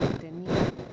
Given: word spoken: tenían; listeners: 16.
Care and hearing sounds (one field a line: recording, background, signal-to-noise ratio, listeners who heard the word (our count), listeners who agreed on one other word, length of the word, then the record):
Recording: one Spanish word in noise, from a listening test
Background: noise modulated by one talker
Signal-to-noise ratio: -10.6 dB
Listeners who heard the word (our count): 0 of 16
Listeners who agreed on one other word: 6 of 16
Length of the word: 0.53 s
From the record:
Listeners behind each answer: 6, 3, 2, 1, 1, 1, 1, 1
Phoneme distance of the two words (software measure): 17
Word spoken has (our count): 3 syllables, 6 phonemes, stress on syllable 2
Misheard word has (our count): 2 syllables, 5 phonemes, stress on syllable 1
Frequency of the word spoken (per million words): 110.19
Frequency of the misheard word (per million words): 1.84